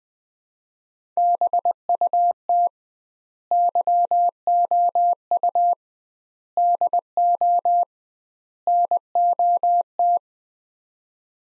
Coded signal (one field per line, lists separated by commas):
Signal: Morse code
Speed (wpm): 21 wpm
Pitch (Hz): 700 Hz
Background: none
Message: BUT YOU DO NOT